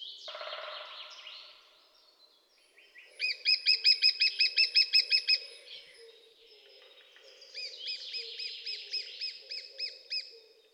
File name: dyatel malyy pestryy golos